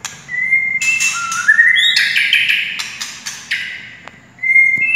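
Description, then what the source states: White-rumped shama song: a level whistle, then rising whistled notes mixed with harsh chatter, ending with another clear whistle. A wild forest bird.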